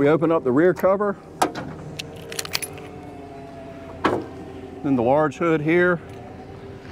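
On a Takeuchi TL11R3 compact track loader, the rear cover is opened and then the large rear engine hood is swung open toward its hold-open latch, while someone talks. Jangling rattles and sharp knocks sound around 1.4 s, between 2.0 and 2.6 s, and at 4.1 s. The clip ends before the hood locks open, so nothing has latched into place yet.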